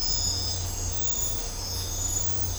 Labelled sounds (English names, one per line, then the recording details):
none
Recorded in dense forest near Puerto Asís, Putumayo, Colombia, on 26 December 2024 at 05:30
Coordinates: 0.503, -76.323
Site G043